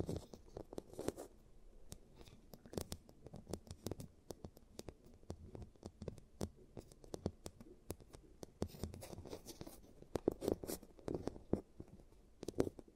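An ASMR giant teeth treatment, full of crisp clicks, taps and scratchy rubbing that come in dense, irregular bursts with no steady rhythm. A few brief squeaky, tonal scrapes stand out around ten seconds and again near the end.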